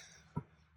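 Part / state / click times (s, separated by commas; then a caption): rubber bushing into paramotor exhaust elbow mount / seated / 0.4 s. A new rubber bushing is pressed onto a paramotor exhaust elbow mount and pops into its seat with a single short, low thud at 0.4 s against a quiet background. The bushing is seated.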